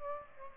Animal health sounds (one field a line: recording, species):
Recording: mosquito wingbeat signal from an infrared sensor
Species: Aedes albopictus